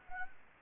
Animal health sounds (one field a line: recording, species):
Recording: mosquito wingbeat signal from an infrared sensor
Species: Anopheles gambiae